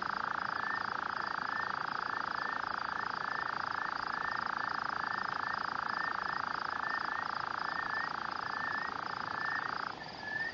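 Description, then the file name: Rufous-cheeked nightjar churring: a long, unbroken, mechanical purr held steady for about ten seconds, then stopping abruptly, over a constant high insect hum. Call, recorded at Bellary guest farm near Vredefort. "Caprimulgus rufigena, roep van grondpad, Bellary-gasteplaas, Vredefort"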